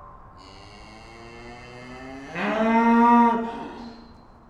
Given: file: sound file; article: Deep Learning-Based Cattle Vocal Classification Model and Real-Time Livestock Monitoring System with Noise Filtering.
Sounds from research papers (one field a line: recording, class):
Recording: cattle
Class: estrus call